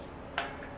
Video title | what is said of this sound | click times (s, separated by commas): Dual Swing-Out Rear Bumper Packaging Process | you just make sure it clicks into place tighten it up so | 0.4 s